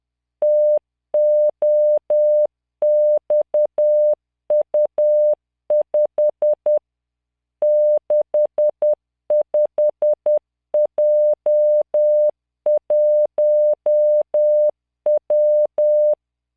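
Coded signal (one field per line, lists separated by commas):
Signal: Morse code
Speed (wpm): 10 wpm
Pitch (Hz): 600 Hz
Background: none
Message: TOXU5 65J1W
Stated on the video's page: Software-generated Morse practice with LearningMorse at 10 WPM, 600 Hz tone, standard 3-dot spacing, random 5-character groups.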